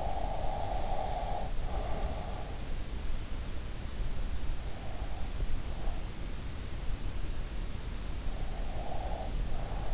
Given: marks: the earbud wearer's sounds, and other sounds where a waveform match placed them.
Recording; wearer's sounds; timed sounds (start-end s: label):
sounds in sleep by an in-ear microphone; breath
0.00-2.39 s: breath